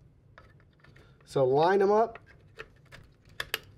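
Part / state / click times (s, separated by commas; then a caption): DDR4 memory modules into motherboard DIMM slots / seated / 3.4 s, 3.5 s. Two Lexar 16 GB DDR4 desktop memory sticks are lined up and pushed into the motherboard DIMM slots on a test bench while someone talks. Faint taps follow, then the slot retention clips snap shut with two sharp clicks at 3.4 s and 3.5 s. Both sticks are seated.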